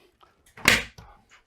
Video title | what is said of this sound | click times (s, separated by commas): Fitting Video: Electric Honeycomb Roof Lantern Blind | there we go same click again | 0.7 s